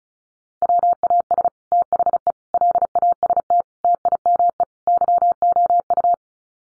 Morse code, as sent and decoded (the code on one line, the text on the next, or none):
.-- .- ... / - .... . / .-.. .- ... - / - .. -- . / -.-- --- ..-
WAS THE LAST TIME YOU